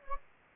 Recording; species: mosquito wingbeat signal from an infrared sensor; Anopheles gambiae